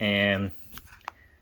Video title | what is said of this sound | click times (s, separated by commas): Display Case Review - Good Cheap Case For Die-cast? | so it's more secure than a wallo so you got to make sure it snaps or your stuff is fall out | 1.1 s